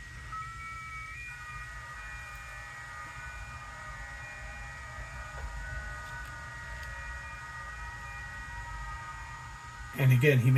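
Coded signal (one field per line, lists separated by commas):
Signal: FT8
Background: speech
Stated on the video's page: FT8 operated with the QLOG program.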